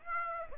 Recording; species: mosquito wingbeat signal from an infrared sensor; Aedes aegypti